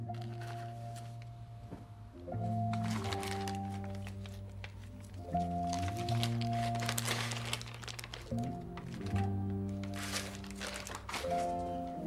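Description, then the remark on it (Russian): Paper rustles and crinkles in short, irregular bursts as an envelope, found while someone unpacks belongings in a room, is handled and torn open, heard over sustained, low musical chords that shift every few seconds. “Бен в комнате раскладывает вещи. Находит конверт.”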